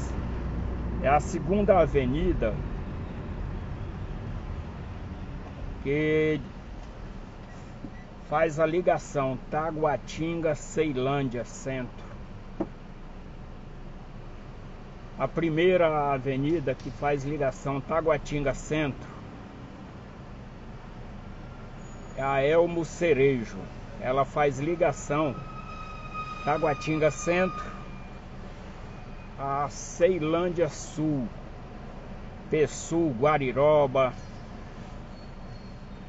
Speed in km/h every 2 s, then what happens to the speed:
29, 16, 6, 0, 0, 0, 0, 0, 0, 0, 0, 0, 0, 0, 0, 0, 0, 0.
0-5 brakes to 0. 5-36 standing.